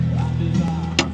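A wiring connector is pushed onto its connection on an engine component of a 3.0 Duramax during EGR and MAF/MAP sensor removal and installation. Over a steady low hum with tonal background sound, a single sharp click is heard at 1.0 s as the electrical connector seats.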